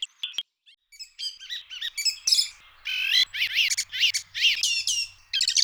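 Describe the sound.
Bird song of high chirps building into a run of rapid, repeated squeaky notes, with sharp clicks near the start and at the end.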